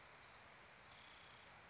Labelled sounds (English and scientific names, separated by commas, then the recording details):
Spotted Towhee (Pipilo maculatus)
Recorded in Sonoma County, California